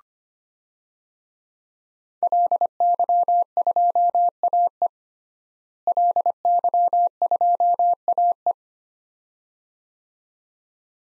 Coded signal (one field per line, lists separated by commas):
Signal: Morse code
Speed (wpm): 25 wpm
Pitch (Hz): 700 Hz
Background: none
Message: LY2AE LY2AE